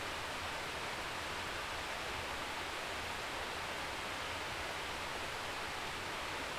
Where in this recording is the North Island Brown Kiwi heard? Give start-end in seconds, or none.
none